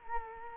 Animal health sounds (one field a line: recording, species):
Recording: mosquito wingbeat signal from an infrared sensor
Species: Culex quinquefasciatus